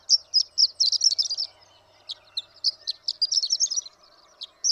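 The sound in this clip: Horned lark song: bursts of high, thin tinkling notes in quick jumbled runs, separated by short pauses.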